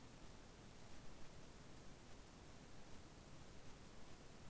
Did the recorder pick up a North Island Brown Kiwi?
no